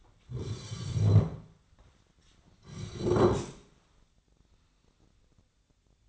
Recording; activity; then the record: daily activity, microphone in the room; sit down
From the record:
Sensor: 3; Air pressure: 1009.2 hPa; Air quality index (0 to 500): 180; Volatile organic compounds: 3 ppm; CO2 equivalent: 1460 ppm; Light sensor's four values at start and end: 33/83/38/39 and 48/123/54/55